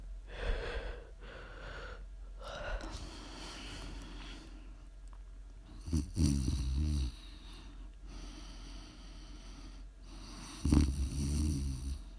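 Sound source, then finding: Sleeping adult. Snoring.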